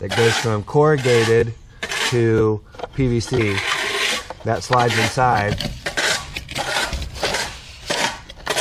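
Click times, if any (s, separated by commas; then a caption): none. Someone talks while a corrugated-to-PVC plastic adapter is handled and slid inside a fitting on a channel drain, ready for corrugated plastic drainage pipe to be pushed in. Rasping, rubbing plastic sounds and a few short knocks are heard. Nothing has seated or clicked yet.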